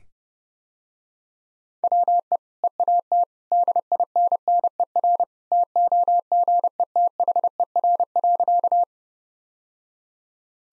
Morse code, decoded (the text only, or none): WE EAT DINNER TOGETHER.